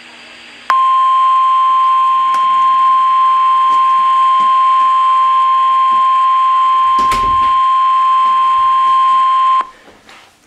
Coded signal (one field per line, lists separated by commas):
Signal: Emergency Alert System (SAME) tones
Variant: 1050 Hz attention tone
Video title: Live Stream FAIL! Severe Tstm Warning (EAS #,1,090)